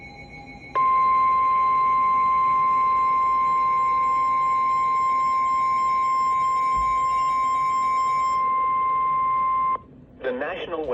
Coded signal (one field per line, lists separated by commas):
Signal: Emergency Alert System (SAME) tones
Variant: 1050 Hz attention tone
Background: speech, music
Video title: Three Severe Thunderstorm Warnings - Triple Header (EAS 2361-2363) 7/20/23